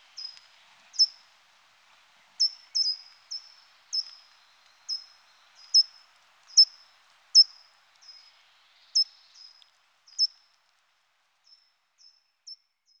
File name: Grimpereau des jardins